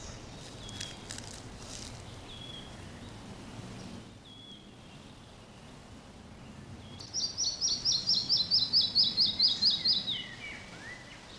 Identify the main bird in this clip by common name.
Red-breasted Flycatcher